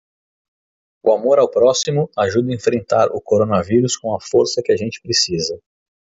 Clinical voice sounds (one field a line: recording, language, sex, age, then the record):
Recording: spoken sentence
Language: Brazilian Portuguese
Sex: male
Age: 30 to 39 years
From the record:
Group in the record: control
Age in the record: 32 years